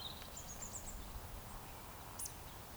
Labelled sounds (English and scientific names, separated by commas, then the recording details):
Eurasian Woodcock (Scolopax rusticola) whistle, Eurasian Woodcock (Scolopax rusticola) croak
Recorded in Baden-Württemberg, Germany, on 3 June 2021 at 19:45 UTC
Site 45499, 200 m above sea level